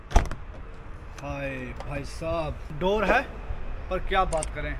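A door latch on a 2023 Jeep Wrangler Rubicon SUV is released as the door is opened by its handle, giving a short metallic click at 0.2 s followed by softer knocks as the door swings. Someone then talks over the rest of the clip.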